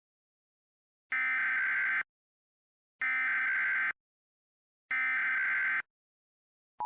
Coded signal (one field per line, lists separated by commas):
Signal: Emergency Alert System (SAME) tones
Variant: header bursts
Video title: EAS Scenario: Narvik Outbreak